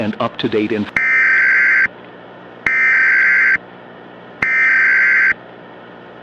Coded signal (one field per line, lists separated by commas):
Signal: Emergency Alert System (SAME) tones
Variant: header bursts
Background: speech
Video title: EAS Scenario - The False Alarm of 2010